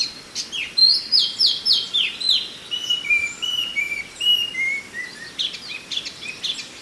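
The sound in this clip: Chinese hwamei singing a run of bright, repeated downslurred whistles, then lower level notes and a short burst of varied twitters.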